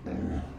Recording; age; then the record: pig call; growing-finishing pig (85 days or more)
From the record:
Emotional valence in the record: negative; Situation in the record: barren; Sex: female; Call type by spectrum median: low-frequency call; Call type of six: low-frequency stable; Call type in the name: low-frequency stable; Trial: 1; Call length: 0.59 s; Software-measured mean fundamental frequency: 64 Hz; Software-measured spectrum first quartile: 116 Hz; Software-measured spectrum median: 227 Hz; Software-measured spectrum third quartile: 399 Hz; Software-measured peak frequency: 256 Hz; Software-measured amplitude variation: 150 dB a second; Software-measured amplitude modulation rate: 22.9 a second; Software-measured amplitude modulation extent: 6.6 dB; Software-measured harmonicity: -1.6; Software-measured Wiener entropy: -0.11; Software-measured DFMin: 937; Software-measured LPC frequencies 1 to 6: 1644, 2405, 3818, 4752, 5470, 6278 Hz